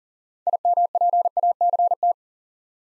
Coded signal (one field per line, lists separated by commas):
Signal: Morse code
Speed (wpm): 37 wpm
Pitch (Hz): 700 Hz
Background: none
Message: IMPACT